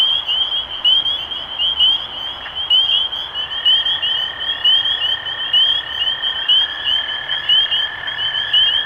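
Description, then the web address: Spring peepers in a dense chorus of high, upslurred peeps, overlapping at about one a second, over a steady lower droning trill that starts partway through. Recorded 23 March 2012. "rob animals Peepers-2012-0323"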